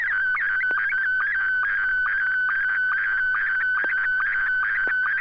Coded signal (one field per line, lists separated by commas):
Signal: SSTV (slow-scan television)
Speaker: pretty sure the system's up and running so here we go n6 YG Scotty one